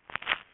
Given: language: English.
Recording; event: throat vibration sensor signal played as sound; throat clearing